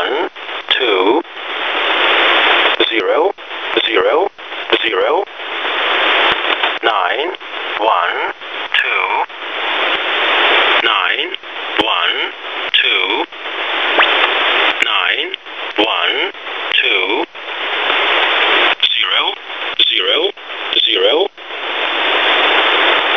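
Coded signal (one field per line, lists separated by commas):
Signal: numbers station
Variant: E07a, English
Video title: Russian E07a "English Man" number station at 7933 kHz (null message)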